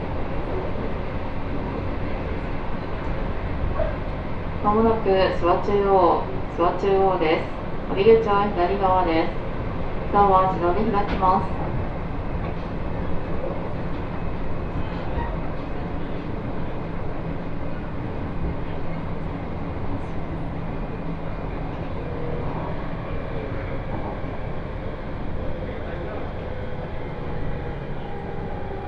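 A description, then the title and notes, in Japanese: A northbound Tohoku Main Line train from Kitakami toward Morioka rolls on with a steady, dense low rumble from start to finish. Between about 5 and 11 seconds a voice speaks in short bursts over the noise, and afterward only the even running sound continues. 東北本線下り 北上→盛岡。701系4両編成。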